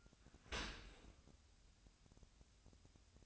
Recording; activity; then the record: daily activity, microphone in the room; open dishwasher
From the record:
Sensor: 2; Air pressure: 1006.5 hPa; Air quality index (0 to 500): 202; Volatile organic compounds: 14 ppm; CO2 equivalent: 2476 ppm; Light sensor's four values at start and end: 9/22/9/9 and 9/22/9/9